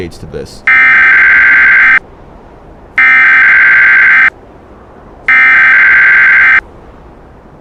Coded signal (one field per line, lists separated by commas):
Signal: Emergency Alert System (SAME) tones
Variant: header bursts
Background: speech